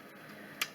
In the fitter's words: this back up you'll hear a snap these tab in very securely so do